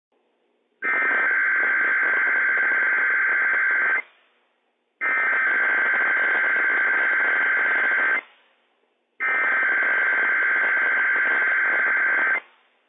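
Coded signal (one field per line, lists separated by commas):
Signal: Emergency Alert System (SAME) tones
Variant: header bursts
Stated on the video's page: Required weekly test from weather radio station WWF56, issued by civil authorities for the Inland Northwest.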